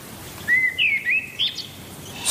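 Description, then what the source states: Eurasian blackbird singing a short warbled phrase of several notes, against a faint background hiss. Before daybreak in a forest, birds begin singing in an almost fixed order; the blackbird usually opens the dawn chorus.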